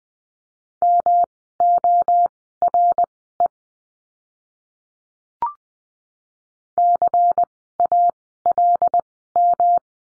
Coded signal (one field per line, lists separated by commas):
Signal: Morse code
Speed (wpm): 20 wpm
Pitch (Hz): 700 Hz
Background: none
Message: MORE CALM